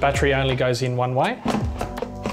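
A defibrillator battery pack is being handled at the base of the device, while someone talks over music and a few brief knocks and handling sounds are heard. The battery pack has not seated or clicked into the defibrillator yet.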